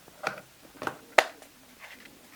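The bottom plate of the blade assembly on a Makita XMU04Z cordless grass shear is pressed and twisted to lock it onto the shear body. Soft handling ticks come at about 0.3 and 0.9 s, then a sharp, loud click at 1.2 s, followed by a faint rattle near 2.0 s. The blade plate is twist-locked firmly in place.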